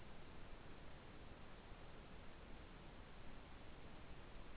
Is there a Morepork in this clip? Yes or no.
no